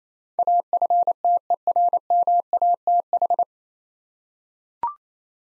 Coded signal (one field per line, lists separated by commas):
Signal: Morse code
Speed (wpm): 28 wpm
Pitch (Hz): 700 Hz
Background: none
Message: AFTERMATH